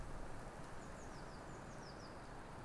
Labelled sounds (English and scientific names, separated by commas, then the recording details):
Eurasian Blue Tit (Cyanistes caeruleus)
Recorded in Germany
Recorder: ecoPi